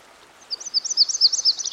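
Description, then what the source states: Myrtle warbler song: a run of high, slurred, bouncing notes that quickens toward the end. By a stream.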